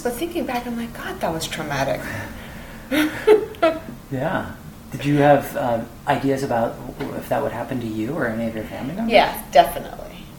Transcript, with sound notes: But thinking back, I'm like, "God, that was traumatic." [laughter]
Did you have ideas about if that would happen to you or any of your family members?
Yes, definitely.